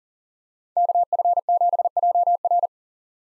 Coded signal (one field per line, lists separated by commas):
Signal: Morse code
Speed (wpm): 40 wpm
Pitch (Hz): 700 Hz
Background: none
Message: KF7JR